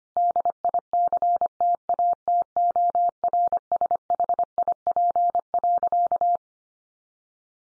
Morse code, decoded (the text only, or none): DICTATORSHIP.